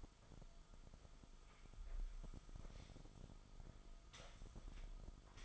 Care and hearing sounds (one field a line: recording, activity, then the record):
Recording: daily activity, microphone in the room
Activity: sweep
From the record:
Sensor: 5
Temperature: 24.0 degrees Celsius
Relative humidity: 36.6%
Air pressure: 1004.8 hPa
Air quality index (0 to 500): 95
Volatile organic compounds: 2 ppm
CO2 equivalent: 1146 ppm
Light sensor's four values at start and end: 35/81/32/31 and 35/81/32/31